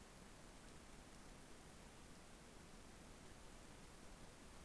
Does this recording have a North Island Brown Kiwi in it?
no